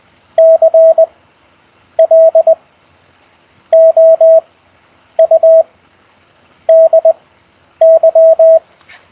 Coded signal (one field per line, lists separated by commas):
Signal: Morse code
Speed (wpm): 20 wpm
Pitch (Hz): 650 Hz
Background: radio noise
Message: CLOUDY